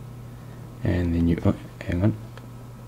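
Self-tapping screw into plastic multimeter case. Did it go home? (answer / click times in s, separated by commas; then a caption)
no / none. A self-tapping screw is handled at the plastic case of a Fluke 77 multimeter, being given an anticlockwise turn to find its original thread. Someone talks briefly, followed by two faint, brief ticks near 2.4 and 2.9 seconds. Nothing has seated or clicked yet.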